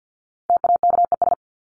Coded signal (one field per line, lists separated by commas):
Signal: Morse code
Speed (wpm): 50 wpm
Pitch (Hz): 700 Hz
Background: none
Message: TAKES